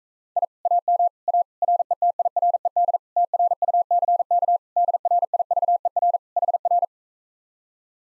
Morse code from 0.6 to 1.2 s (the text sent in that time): AM